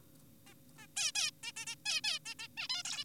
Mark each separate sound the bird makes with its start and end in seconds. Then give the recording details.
0.47-0.54, 0.78-0.87, 0.97-1.12, 1.15-1.31, 1.43-1.52, 1.57-1.66, 1.67-1.75, 1.86-2.01, 2.04-2.19, 2.26-2.34, 2.39-2.48, 2.57-2.68, 2.70-2.83, 2.85-3.04. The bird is an adult. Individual g4p5U